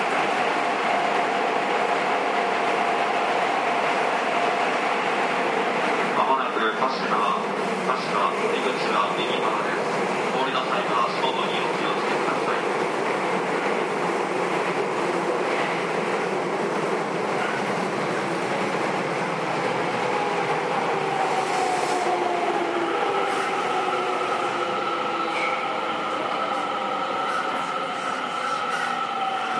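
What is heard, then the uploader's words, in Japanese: A JR 207 series train runs on the line between Kyobashi and Takarazuka, its steady rumble and rolling noise filling the whole clip. A faint tone holds early on, clicks and rattles come in after about six seconds, and rising whines from the motors appear near the end. JR207系 京橋〜宝塚。JR東西線、宝塚線の区間で録音しました。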